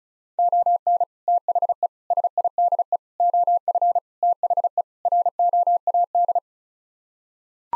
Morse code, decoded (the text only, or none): ON THE SIDE OF THE ROAD